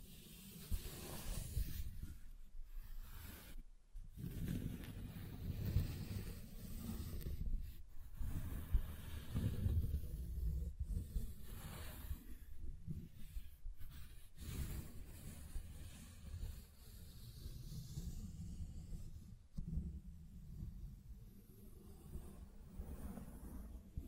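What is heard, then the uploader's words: Wood triggers: a steady run of rubbing, scraping and tapping on wood, dense and mostly low and muffled, with brighter scratchy edges. Brief pauses break the flow near 4, 8, 11, 14 and 19 seconds before the handling resumes. ASMR Calming Wood Triggers for Sleep (No Talking).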